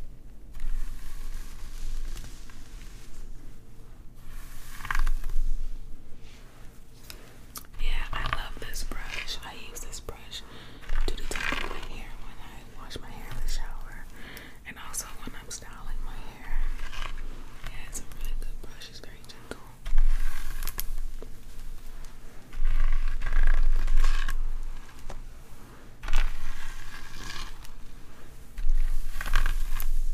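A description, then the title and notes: Dry scratching and brushing strokes against hair and scalp, coming in irregular bursts every second or two with small clicks and plucks between them. The louder strokes land around the middle and near the end, over a faint steady low hum. ASMR This Or That - Bestie Plays With Your Hair (Scalp Oiling, Plucking, Scratching, Hair Brushing). Scalp oiling, plucking, scratching (massage), hair parting, and brushing.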